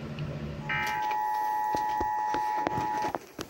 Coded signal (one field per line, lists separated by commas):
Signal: Emergency Alert System (SAME) tones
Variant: 853 and 960 Hz attention tone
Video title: Chaotic Hellstorm VI Holiday Hell | EAS Alerts From 12/10/2021 (EAS #1,132-1,192)